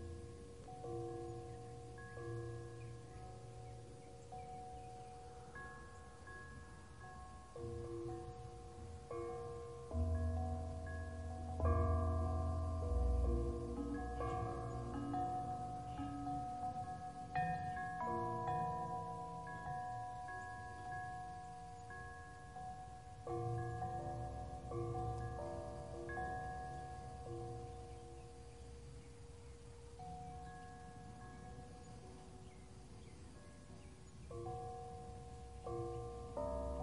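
Bells ring with long, overlapping tones that hang and slowly fade, new strikes arriving every few seconds. Between about 10 and 20 seconds the sound swells, with deeper bell tones and denser layering, then thins out again. A soft steady hiss sits underneath throughout.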